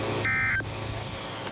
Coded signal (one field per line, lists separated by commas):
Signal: Emergency Alert System (SAME) tones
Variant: end-of-message bursts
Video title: EAS- Wednesday Weekly Tests (1/14/26)